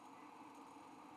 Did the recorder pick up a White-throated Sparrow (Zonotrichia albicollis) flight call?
no